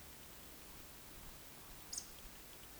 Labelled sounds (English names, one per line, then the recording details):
Eurasian Woodcock whistle
Eurasian Woodcock croak
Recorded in Baden-Württemberg, Germany, on 31 May 2021 at 20:13 UTC
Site 20675, 466 m above sea level